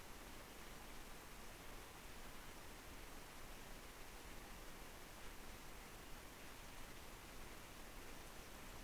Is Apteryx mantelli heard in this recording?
no